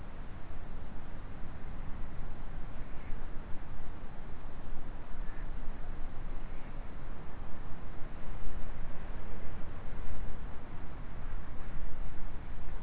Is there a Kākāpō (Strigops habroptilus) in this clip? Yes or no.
no